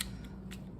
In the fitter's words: There you go, it snaps right in.